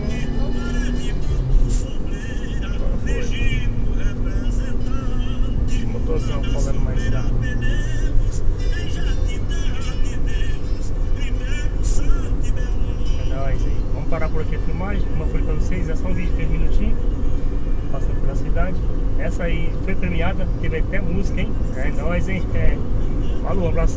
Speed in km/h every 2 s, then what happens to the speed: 82, 86, 88, 94, 93, 93, 93, 94, 98, 100, 102, 103.
0-6 speeds up to 94. 6-14 steady at about 93. 14-24 speeds up to 103.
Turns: none.